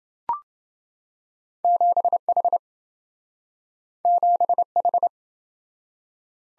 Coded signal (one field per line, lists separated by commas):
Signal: Morse code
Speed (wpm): 27 wpm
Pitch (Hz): 700 Hz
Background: none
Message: 7H 7H